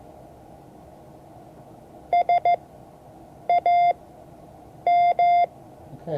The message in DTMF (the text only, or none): none